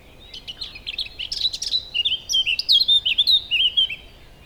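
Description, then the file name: Eurasian blackcap song: a quiet, scratchy warble that builds into a loud run of clear, fluty whistled notes, fast and varied. "Sylvia atricapilla"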